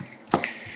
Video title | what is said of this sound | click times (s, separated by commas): Taurus PT1911 competition race gun with compensator disassembly and reassembly | and this is the click you want to hear | 0.3 s